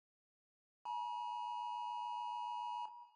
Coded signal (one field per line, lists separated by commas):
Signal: Emergency Alert System (SAME) tones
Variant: 853 and 960 Hz attention tone